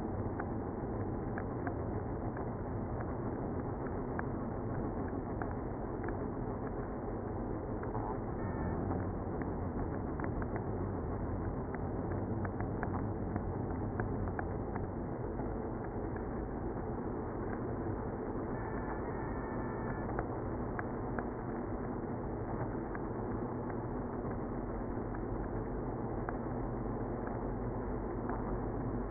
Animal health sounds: honeybee colony, microphone inside the hive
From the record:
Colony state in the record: queenless (queen removed); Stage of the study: after two queens were removed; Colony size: about 60,000 bees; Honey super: yes

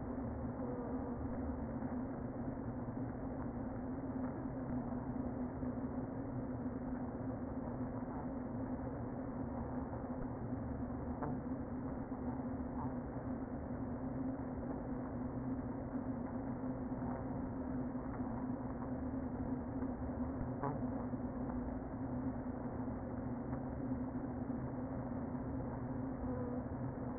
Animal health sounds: honeybee colony, microphone inside the hive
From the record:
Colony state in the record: queen present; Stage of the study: before two queens were removed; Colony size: about 60,000 bees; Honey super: yes

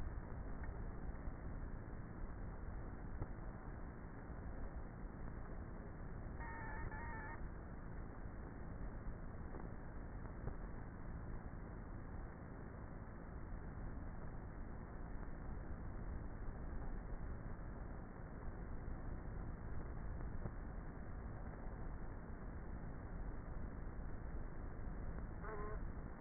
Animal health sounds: honeybee colony, microphone inside the hive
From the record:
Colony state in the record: queenless with a low population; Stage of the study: before two queens were removed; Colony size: about 30,000 bees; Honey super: no

